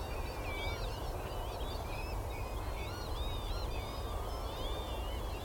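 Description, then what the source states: Northern lapwing calls from a flock: many thin, wheezy slurred whistles rising and falling, overlapping throughout, over a steady low rumble. Lapwing song from a flock of about 100 lapwings, all whooping, on a wild mudflat of the winter marshes on the Somerset coast.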